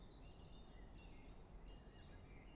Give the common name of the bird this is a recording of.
Common Chiffchaff